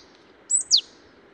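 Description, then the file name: Marsh tit call: two quick, very high notes, the second a sharp downward-sliding chip, over a faint low background hiss. "Poecile palustris"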